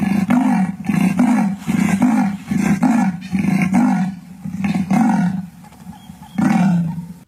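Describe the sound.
Leopard roaring in a series of deep, rasping, sawing grunts in quick succession, with short pauses between them.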